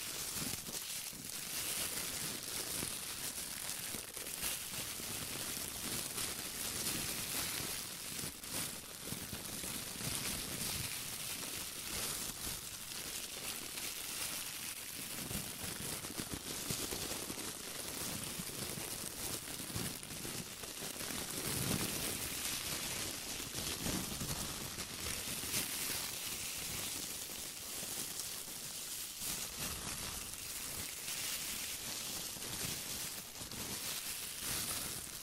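Gloved hands rub and crinkle in a dense, steady crackling rustle, bright and papery, with brief heavier swells throughout.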